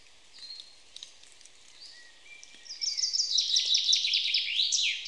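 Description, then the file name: Common chaffinch song: after some faint thin whistles, a fast run of bright, high notes ending in a flourish, over steady background noise. "Fringilla coelebs"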